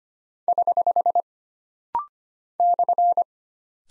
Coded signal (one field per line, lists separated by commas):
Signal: Morse code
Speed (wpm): 25 wpm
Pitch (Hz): 700 Hz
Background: none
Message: <HH> /